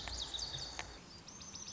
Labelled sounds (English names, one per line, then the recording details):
Lazuli Bunting
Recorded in Sonoma County, California